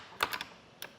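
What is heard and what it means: The upper clamp arm of a Kuat Grip roof-mounted ski and snowboard carrier on a 2024 Jeep Wrangler 4xe is pressed down onto the boards and ratchets into its adjustable notches. A loud, sharp plastic ratchet click at 0.2 s is followed by quieter clicks around 0.3 s, 0.4 s and 0.8 s. The clamp arm is seated in its ratchet notch.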